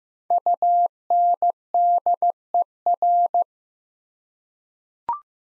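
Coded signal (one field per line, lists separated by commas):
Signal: Morse code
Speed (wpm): 15 wpm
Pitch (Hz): 700 Hz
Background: none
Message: UNDER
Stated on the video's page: Morse head-copy drill of prefixes and suffixes at 15 wpm, each sent, spoken, then sent again.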